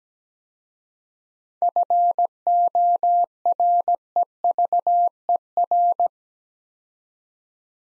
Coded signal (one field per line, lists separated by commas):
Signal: Morse code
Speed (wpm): 17 wpm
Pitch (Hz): 700 Hz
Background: none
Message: FOREVER